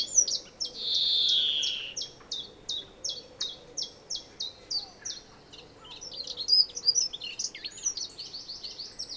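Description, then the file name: European greenfinch giving a long buzzy, descending wheeze, then a run of short, clipped notes about three per second, ending in busier twittering. "Chloris chloris"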